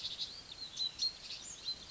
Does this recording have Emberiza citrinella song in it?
no